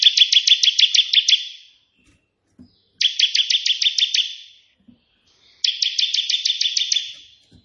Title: 3 VARIASI TEMBAKAN prenjak putih ini COCOK untuk masteran prenjak anda